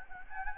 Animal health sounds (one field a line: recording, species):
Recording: mosquito wingbeat signal from an infrared sensor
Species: Anopheles gambiae